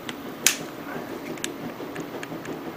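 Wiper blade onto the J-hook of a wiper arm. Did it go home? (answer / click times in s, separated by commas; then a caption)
partly / 0.5 s. A windshield wiper blade on a Chevy S10 Hot Wheels truck is forced onto the J-hook of the wiper arm, giving one sharp snap at 0.5 s among fainter ticks at 0.1, 1.5, 2.0 and 2.2 s. The blade seems held on the hook but gives no solid click feel, so it is not clearly latched.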